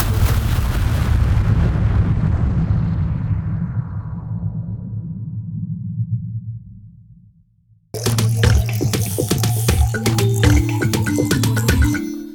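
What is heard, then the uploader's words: An explosion impact effect opens with a dense, rumbling roar that slowly darkens and fades to silence over about eight seconds. Just before eight seconds a second burst cuts in, brighter and busier, with crackling debris and a low booming tone that thins toward the end. Explosion Impact Effect.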